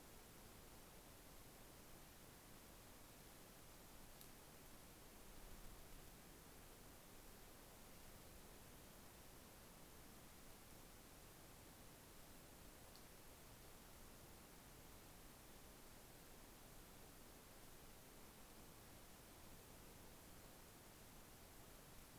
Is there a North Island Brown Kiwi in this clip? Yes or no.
no